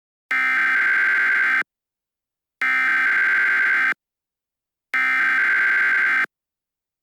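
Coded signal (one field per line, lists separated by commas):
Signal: Emergency Alert System (SAME) tones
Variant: header bursts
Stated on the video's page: Fictional EAS scenario for a horror game, not a real alert.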